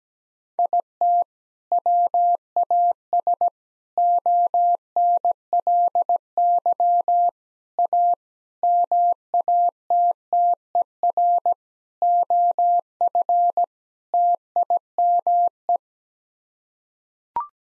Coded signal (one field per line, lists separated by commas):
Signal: Morse code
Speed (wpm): 17 wpm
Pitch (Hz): 700 Hz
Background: none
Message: IT WAS ONLY A MATTER OF TIME